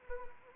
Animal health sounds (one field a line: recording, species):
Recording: mosquito wingbeat signal from an infrared sensor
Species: Anopheles arabiensis